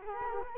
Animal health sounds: mosquito wingbeat signal from an infrared sensor; Culex quinquefasciatus

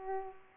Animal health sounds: mosquito wingbeat signal from an infrared sensor; Aedes aegypti

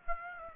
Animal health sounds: mosquito wingbeat signal from an infrared sensor; Aedes aegypti

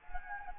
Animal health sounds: mosquito wingbeat signal from an infrared sensor; Anopheles gambiae

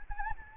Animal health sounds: mosquito wingbeat signal from an infrared sensor; Anopheles arabiensis

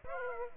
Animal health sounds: mosquito wingbeat signal from an infrared sensor; Aedes aegypti

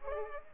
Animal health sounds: mosquito wingbeat signal from an infrared sensor; Culex pipiens

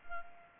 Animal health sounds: mosquito wingbeat signal from an infrared sensor; Culex pipiens

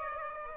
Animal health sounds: mosquito wingbeat signal from an infrared sensor; Aedes aegypti

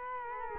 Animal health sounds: mosquito wingbeat signal from an infrared sensor; Culex quinquefasciatus

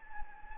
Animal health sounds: mosquito wingbeat signal from an infrared sensor; Anopheles gambiae

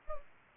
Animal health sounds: mosquito wingbeat signal from an infrared sensor; Anopheles arabiensis

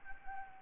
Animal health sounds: mosquito wingbeat signal from an infrared sensor; Anopheles gambiae

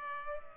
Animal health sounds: mosquito wingbeat signal from an infrared sensor; Culex pipiens

